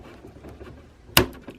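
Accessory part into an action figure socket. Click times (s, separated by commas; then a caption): 1.2 s. An accessory part is pushed into a socket on a Metal Build Gundam Astray Blue Frame action figure, with quiet fiddling before a loud, sharp click at 1.2 s as the part seats inside. A few faint taps follow.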